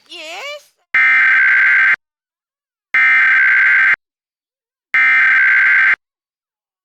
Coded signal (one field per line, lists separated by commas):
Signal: Emergency Alert System (SAME) tones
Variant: header bursts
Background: speech